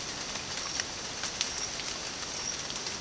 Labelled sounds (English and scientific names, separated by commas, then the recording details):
none
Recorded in dense forest near Puerto Asís, Putumayo, Colombia, on 27 June 2025 at 06:30
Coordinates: 0.484, -76.317
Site G045